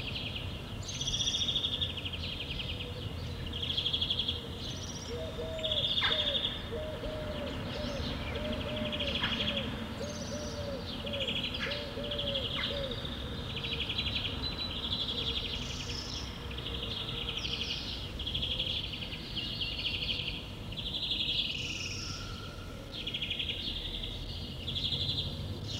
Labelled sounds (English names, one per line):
European Greenfinch